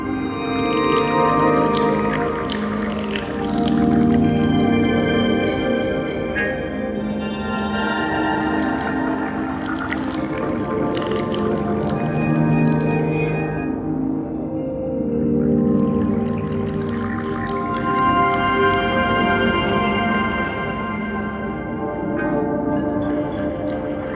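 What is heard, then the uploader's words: Underwater night ambience off Singapore, recorded by hydrophone: a dense, steady wash of low rumbling and droning tones with many sustained pitched lines, like engines. Brighter clicks and crackles come and go, swelling around five seconds and again near eighteen. The underwater atmosphere of Singapore Hydrophone Underwater Labrador Park at night.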